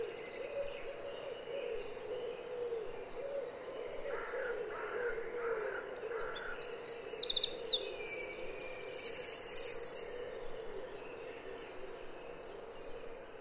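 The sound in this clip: Wren song: a brief burst of high, rapid notes ending in a fast, even trill, set over a steady low hum.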